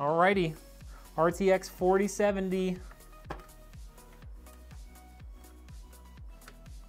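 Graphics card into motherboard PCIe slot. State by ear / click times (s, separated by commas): not seated / none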